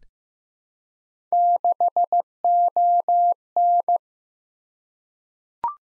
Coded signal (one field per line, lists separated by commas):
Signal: Morse code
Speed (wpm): 15 wpm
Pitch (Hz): 700 Hz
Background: none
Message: 6ON